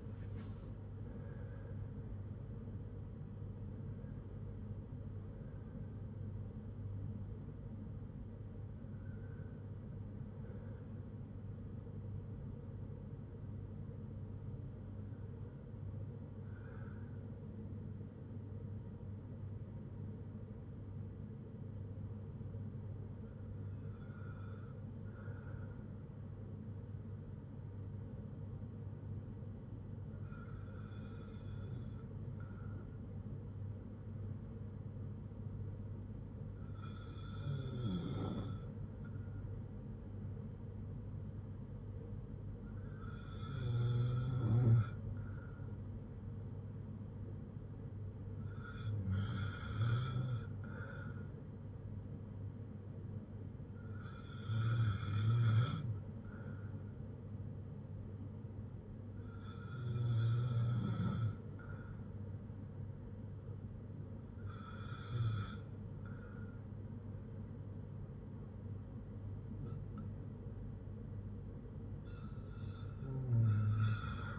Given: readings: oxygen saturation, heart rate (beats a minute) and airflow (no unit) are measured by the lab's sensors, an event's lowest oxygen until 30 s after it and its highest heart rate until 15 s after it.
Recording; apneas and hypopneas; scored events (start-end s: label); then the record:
breathing in sleep by a smartphone at the bedside; 1
19.00-50.80 s: hypopnea (N1, oxygen 97% highest, then 93% lowest, heart rate 58 at the start, 64 highest)
From the record:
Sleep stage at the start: N1 (lightest sleep); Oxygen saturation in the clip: 93 to 97%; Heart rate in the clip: 58 to 83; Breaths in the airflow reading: 14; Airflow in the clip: -4.8 to 4.8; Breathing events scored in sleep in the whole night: 182 in 7.4 hours asleep